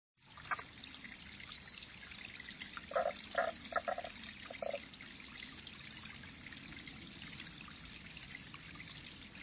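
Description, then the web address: Frog calling, a short series of quick, evenly pitched notes in the middle, over a steady rushing stream. Between Kibune and Ichihara, Japan, 28 May 2021. "shipunov ph japan kibune to ichihara mov frog"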